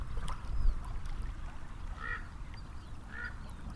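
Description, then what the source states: Common raven making two rough, nasal croaks roughly a second apart while traffic rumbles beneath. Elizabeth Lake, with cars.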